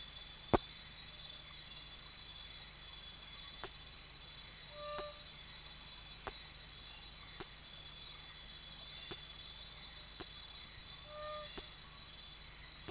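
Nesobia mjobergi calling: short, sharp clicks at uneven gaps of one to three seconds over a steady shrill drone, with faint brief low tones now and then.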